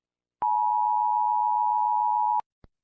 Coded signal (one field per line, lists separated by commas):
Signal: Emergency Alert System (SAME) tones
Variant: 853 and 960 Hz attention tone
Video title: EAS Scenario: THE FOG IS COMING. Inspired by @Vinmagma